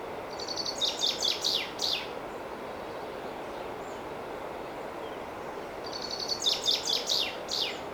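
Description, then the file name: Common chaffinch: a bright trilled phrase ending in downward-sweeping notes, heard twice several seconds apart, over a continuous hiss. "Fringilla coelebs"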